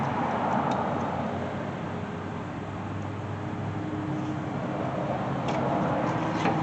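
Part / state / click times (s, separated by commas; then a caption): rear brake pad into caliper bracket / not seated / none. A rear brake pad on a 2009 BMW 328i is lined up and slid into the grooves of the caliper bracket before being pushed home. A steady, broadband noise runs throughout, with faint scraping and a few light metallic ticks. The pad has not seated or clicked into place yet.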